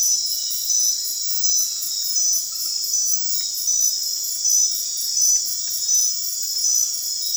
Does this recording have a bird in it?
no